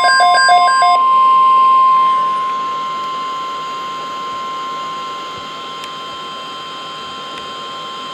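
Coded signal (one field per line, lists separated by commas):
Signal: Emergency Alert System (SAME) tones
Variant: 1050 Hz attention tone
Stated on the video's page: NOAA Weather Radio broadcast of a Severe Thunderstorm Watch.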